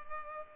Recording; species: mosquito wingbeat signal from an infrared sensor; Culex pipiens